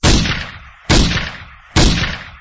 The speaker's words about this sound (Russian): Находясь внутри здания суда, Боркин услышал 3 выстрела.